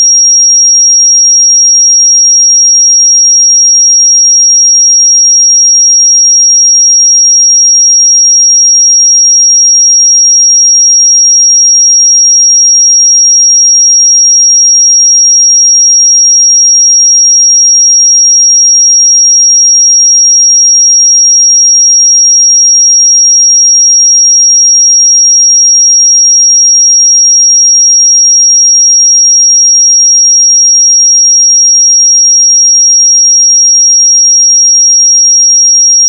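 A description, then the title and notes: A pure 5627 Hz sine tone holds perfectly steady and bright for the whole clip, unchanging in pitch and loudness, with nothing else heard. 5627 Hz 1 Hz Interval Sine Pure Tone Frequency 441000 Sample Mono.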